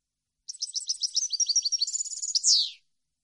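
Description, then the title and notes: European goldfinch singing a single rapid phrase of tinkling, chattering notes that run into a loud, harsh descending buzz at the end. Clean goldfinch song for copying, used for song training. "Cd Jilguero. Cd de canto de jilguero limpio para copia"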